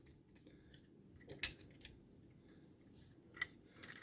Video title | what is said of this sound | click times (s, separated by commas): Patriot Prime Reviews 2010 Mecha Warfare Grand Patriot (Green) - Veteran's Day Special | they lock into place really good | 1.4 s, 3.4 s